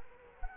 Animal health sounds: mosquito wingbeat signal from an infrared sensor; Culex quinquefasciatus

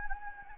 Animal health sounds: mosquito wingbeat signal from an infrared sensor; Anopheles gambiae

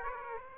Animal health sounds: mosquito wingbeat signal from an infrared sensor; Aedes aegypti

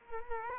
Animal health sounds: mosquito wingbeat signal from an infrared sensor; Culex quinquefasciatus

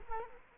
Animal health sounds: mosquito wingbeat signal from an infrared sensor; Culex quinquefasciatus

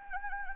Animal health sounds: mosquito wingbeat signal from an infrared sensor; Anopheles arabiensis

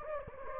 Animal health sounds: mosquito wingbeat signal from an infrared sensor; Anopheles gambiae

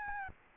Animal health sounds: mosquito wingbeat signal from an infrared sensor; Aedes albopictus

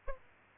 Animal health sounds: mosquito wingbeat signal from an infrared sensor; Aedes aegypti

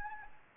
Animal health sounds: mosquito wingbeat signal from an infrared sensor; Anopheles gambiae

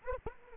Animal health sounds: mosquito wingbeat signal from an infrared sensor; Anopheles arabiensis

